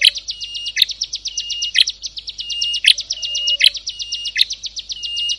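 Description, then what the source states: Prinia singing a fast, buzzy, high-pitched trill, cut by loud sharp chips repeated almost every second, plus an occasional soft low whistle underneath. Compilation of ciblek and prenjak birdsong intended for masteran, tutoring captive songbirds.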